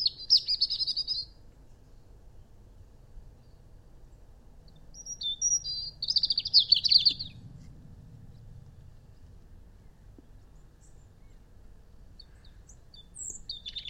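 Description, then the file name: European robin song: short bursts of high, tinkling, tumbling notes separated by several seconds of quiet, with a faint low rumble underneath. "Erithacus rubecula"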